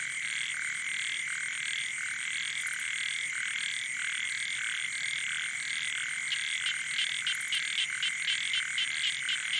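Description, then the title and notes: Frogs and toads: a dense night chorus of rapid, overlapping croaks and trills over a steady high hum. Night chorus on the shore of Boeng Thum lake, Cambodia, around 23:00 on 12 December 2018, as human noise gives way to wildlife. "Soirée aux batraciens - Cambodge. 12 décembre 2018 Sur le bord du lac "Boeng Thum" vers 23h00 au moment ou le silence des hommes laisse place au monde sauvage"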